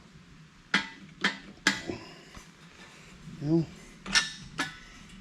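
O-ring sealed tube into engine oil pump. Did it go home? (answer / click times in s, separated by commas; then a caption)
no / none. An O-ring sealed tube, likely the pickup tube, is pushed into the oil pump of an LS 6.0 engine build. Sharp knocks ring out at about 0.7, 1.3 and 1.7 seconds, someone talks, and two more knocks follow near 4.1 and 4.6 seconds. The fitting has not popped or seated yet.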